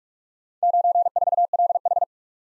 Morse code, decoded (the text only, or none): 94LH